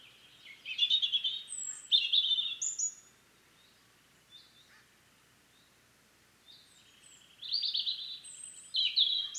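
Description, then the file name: European robin song: a twittering phrase of high, thin notes, a pause of several seconds, then a second warbled phrase. "Erithacus rubecula"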